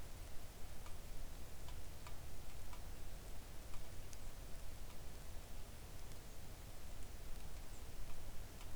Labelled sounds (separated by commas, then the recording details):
rain
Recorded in the Arctic National Wildlife Refuge, Alaska, on 3 August 2019 at 05:53
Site 41